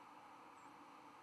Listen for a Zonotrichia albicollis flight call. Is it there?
yes